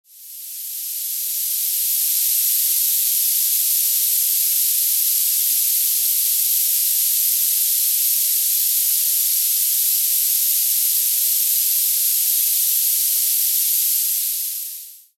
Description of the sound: Tinnitus Serenity 12000 Hz Focused Noise Masking Audio.